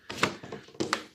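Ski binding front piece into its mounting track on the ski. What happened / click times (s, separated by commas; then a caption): The binding front piece snapped into its track / 0.2 s, 0.9 s. A plastic and metal ski binding front piece is lined up with its snap-fit slot in the mounting track on the ski and pressed into place. Two sharp clicks sound at 0.2 s and 0.9 s, each following a softer onset, and the front piece is seated.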